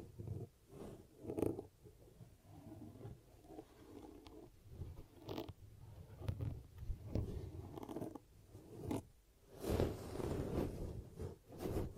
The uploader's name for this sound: ASMR 10 Ear Cupping Triggers